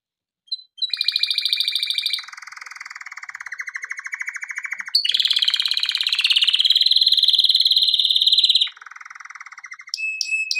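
Canary song of successive rapid trills, a lower buzzy roll followed by a higher bright rolling tour, ending with a low rattle and whistles.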